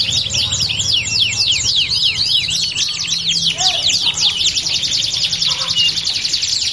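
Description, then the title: Belgian canary song: clear downswept whistled notes in quick succession, building into a fast dense trill, with a low hum underneath. Belgian canary song used to warm up canaries and prompt them to sing along within seconds. "Canto Para Esquentar Canário Belga. LANGSUNG NYAUT. Pancingan suara kenari hitungan detik langsung ikut bunyi"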